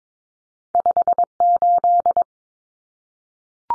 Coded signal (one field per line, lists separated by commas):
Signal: Morse code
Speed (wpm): 22 wpm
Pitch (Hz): 700 Hz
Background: none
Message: 58